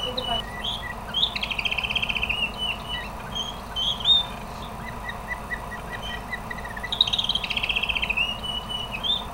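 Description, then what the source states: Canary song: a rapid buzzy trill, a pause, scattered whistled notes, then a second long trill near the end, over a steady low hum. Pet canary, the owner's own recorded sample.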